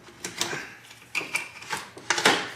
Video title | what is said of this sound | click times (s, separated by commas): How to REMOVE & BENCH UNLOCK your A90/A91 SUPRA ECU! Brake recall done too! | There you go, it's snapped in place. | 2.1 s